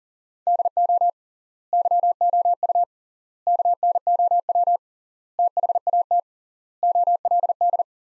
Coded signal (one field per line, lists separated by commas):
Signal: Morse code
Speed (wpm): 37 wpm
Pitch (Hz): 700 Hz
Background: none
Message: DO YOU KNOW THAT OLD